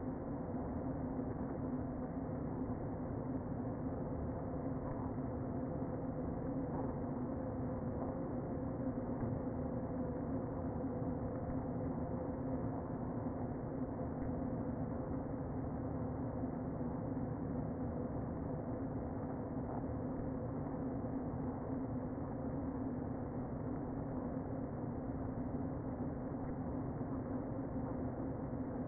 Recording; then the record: honeybee colony, microphone inside the hive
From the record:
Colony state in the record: queen present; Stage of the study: before two queens were removed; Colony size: about 60,000 bees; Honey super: yes